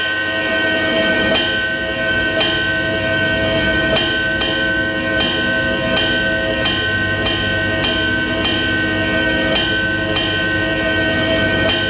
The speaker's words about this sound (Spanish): Campanas del convento de Santa Inés, en el centro de Sevilla.